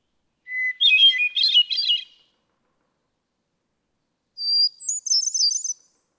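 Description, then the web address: Hermit thrush song: two phrases, each a long pure whistled opening note followed by a cascade of ethereal, fluty trills, separated by a pause of about two seconds. "birdsongforthecurious songs Hermit Thrush"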